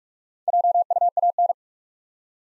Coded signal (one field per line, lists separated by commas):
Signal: Morse code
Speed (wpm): 46 wpm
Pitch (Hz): 700 Hz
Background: none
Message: JUAN